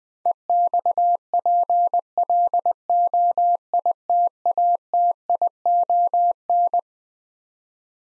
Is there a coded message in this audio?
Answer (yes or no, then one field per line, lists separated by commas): yes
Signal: Morse code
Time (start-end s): 0.3-6.8 s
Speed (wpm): 20 wpm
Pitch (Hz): 700 Hz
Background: none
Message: EXPLOITATION